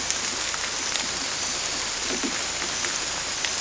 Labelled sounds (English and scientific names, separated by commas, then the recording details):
none
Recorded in secondary vegetation near Puerto Asís, Putumayo, Colombia, on 18 December 2024 at 23:30
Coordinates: 0.481, -76.318
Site G042